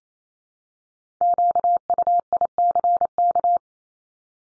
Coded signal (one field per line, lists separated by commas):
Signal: Morse code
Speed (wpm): 28 wpm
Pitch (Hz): 700 Hz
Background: none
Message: QUICK